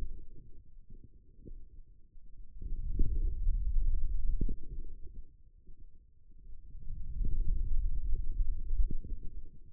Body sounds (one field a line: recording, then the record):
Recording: forearm muscle sounds (acoustic myography)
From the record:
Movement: hand closing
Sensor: system 2, bracelet of six BSWA MPA416 microphones around the upper forearm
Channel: 4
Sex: male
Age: 22 years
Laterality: right